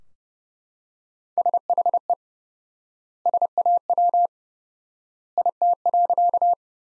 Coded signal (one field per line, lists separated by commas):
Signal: Morse code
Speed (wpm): 30 wpm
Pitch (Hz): 700 Hz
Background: none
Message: SHE SAW IT.